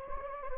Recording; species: mosquito wingbeat signal from an infrared sensor; Anopheles gambiae